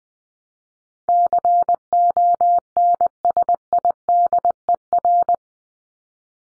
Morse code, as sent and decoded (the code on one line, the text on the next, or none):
-.-. --- -. ... .. -.. . .-.
CONSIDER